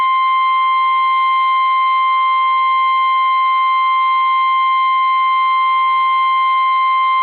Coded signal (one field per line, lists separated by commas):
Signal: Emergency Alert System (SAME) tones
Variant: 1050 Hz attention tone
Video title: Required Weekly Test EAS#473 NOAA Weather Radio Station KEC78